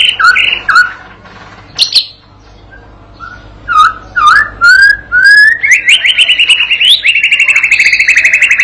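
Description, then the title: White-rumped shama song: separate loud whistled notes and slurs, rising into a long fast trill near the end. Training recording (masteran pancingan) for a young shama, meant to make it sing persistently and answer straight away. "MURAI BATU PAUD BELAJAR GACOR, AJARI DENGAN MASTERAN PANCINGAN INI, PANCING LANGSUNG NYAUT"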